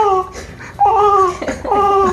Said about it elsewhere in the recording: As cries go, that's so calm. It's pretty mild, and it's not even a very distressed cry. It almost sounds like a cat. That's the I've been around for a week cry.